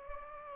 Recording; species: mosquito wingbeat signal from an infrared sensor; Anopheles gambiae